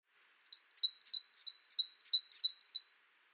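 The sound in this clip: Great tit singing a high, see-sawing two-note phrase about eight times in quick, even succession.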